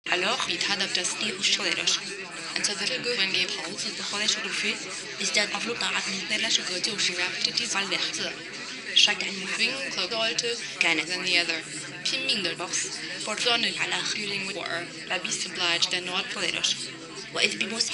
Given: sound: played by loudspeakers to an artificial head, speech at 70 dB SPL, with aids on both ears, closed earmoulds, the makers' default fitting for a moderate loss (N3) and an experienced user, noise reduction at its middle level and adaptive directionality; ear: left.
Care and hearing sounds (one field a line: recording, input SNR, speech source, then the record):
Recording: speech test signal (ISTS) in cocktail-party noise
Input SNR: 0 dB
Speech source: in front (0 degrees)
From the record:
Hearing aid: class 1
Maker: B